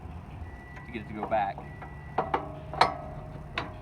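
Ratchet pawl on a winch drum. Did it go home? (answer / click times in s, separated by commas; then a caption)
yes / 2.2 s, 2.3 s, 2.8 s, 3.6 s. Someone talks while releasing and working the metal ratchet on a winch so the upper drum goes back and locks down in place. Sharp metallic ratchet clicks from the pawl sound at 2.2, 2.3, 2.8 and 3.6 seconds. The drum is seated and locked.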